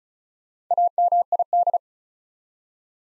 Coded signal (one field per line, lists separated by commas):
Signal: Morse code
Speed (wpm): 36 wpm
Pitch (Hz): 700 Hz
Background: none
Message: AMID